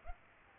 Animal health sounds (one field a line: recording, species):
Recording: mosquito wingbeat signal from an infrared sensor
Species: Aedes aegypti